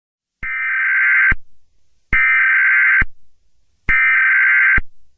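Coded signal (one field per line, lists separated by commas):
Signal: Emergency Alert System (SAME) tones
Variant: header bursts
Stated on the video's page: Fictional EAS scenario, simulated rather than a real alert.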